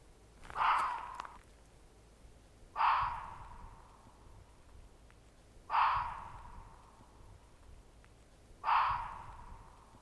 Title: Kettu haukkuu käheästi – Kuule ketun erikoinen ääni